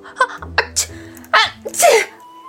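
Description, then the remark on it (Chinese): A character sneezes twice in a row: two sharp, breathy sneezes burst out one after another, each a loud rush of air. A few short exhales come before them. “说完叶子禅连打了两个喷嚏，揉鼻子。”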